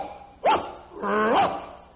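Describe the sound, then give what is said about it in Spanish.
A human voice imitates a rabid dog: one short, sharp bark followed by a longer, snarling, drawn-out bark with a rising and falling pitch, loud and harsh. “está escuchando un perro rabioso.”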